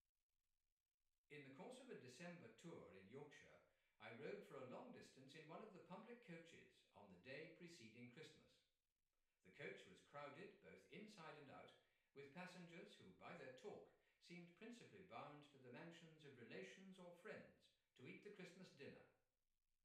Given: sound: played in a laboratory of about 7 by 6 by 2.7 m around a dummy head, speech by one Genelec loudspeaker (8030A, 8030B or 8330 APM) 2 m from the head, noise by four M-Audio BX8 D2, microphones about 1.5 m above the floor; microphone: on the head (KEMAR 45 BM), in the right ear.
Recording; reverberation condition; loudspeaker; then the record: male speech in English; medium; 30 degrees to the left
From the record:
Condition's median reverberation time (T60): about 510 ms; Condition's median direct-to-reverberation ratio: about -0.5 dB